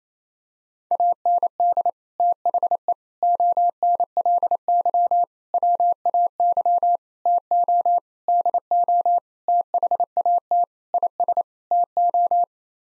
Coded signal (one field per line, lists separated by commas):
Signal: Morse code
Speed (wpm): 27 wpm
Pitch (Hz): 700 Hz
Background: none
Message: AND THE ONLY WAY TO DO THAT IS TO